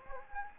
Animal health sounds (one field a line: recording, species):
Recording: mosquito wingbeat signal from an infrared sensor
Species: Anopheles gambiae